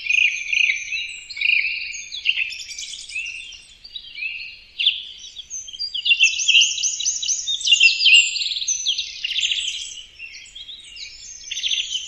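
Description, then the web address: Bird chatter in fast, rattling runs of chirps, a lively twittering stream. "birddata Deverinetal 2025 Bird Only"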